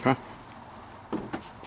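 While reinstalling the headlight area on a 2004–2009 Toyota Prius, a plastic headlight piece is handled against the car's headlight mounting as someone talks briefly, with quiet handling noise in between. Nothing has seated or clicked into place yet.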